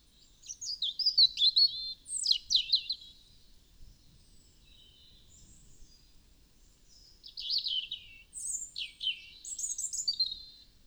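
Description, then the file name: European robin singing two bursts of high, thin, rapidly varied warbling phrases, separated by a few seconds of quiet. "Erithacus rubecula"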